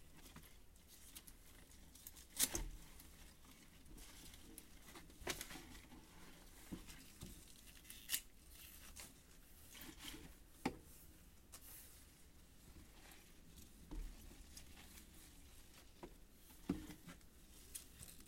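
Evening work preparing harvested mizukakena greens for shipping: the bunches are weighed on a scale and wrapped with tape. Soft rustling and handling noises run throughout, punctuated by sharp taps and crackles about every two or three seconds, with a quiet low hum underneath.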